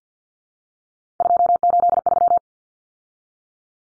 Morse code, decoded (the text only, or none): 283